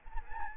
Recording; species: mosquito wingbeat signal from an infrared sensor; Aedes albopictus